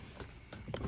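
Plastic door trim panel retaining clips on an ND Miata are pressed into the car door and snap home, with sharp clicks at 0.2, 0.5 and 0.8 seconds. The panel is seated.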